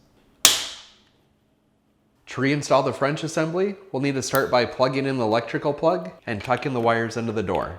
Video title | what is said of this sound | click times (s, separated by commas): How to replace the mullion flapper french hinge part # DA61-08305A in a Samsung refrigerator | insert the tab, and push down to snap into place. | 0.4 s